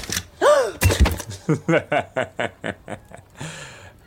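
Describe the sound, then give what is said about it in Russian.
A hut door opens with a short creak and a pair of dull wooden thunks as someone enters, followed by a string of short, evenly spaced vocal bursts. “Что ж ты в избу без стука входишь”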